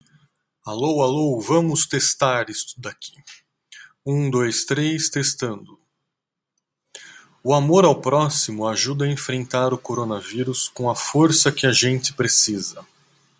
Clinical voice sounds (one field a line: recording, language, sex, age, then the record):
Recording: spoken sentence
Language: Brazilian Portuguese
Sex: male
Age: 40 to 49 years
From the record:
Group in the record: control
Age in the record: 40 years